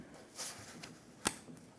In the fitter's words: Listen for a click, give it a tug.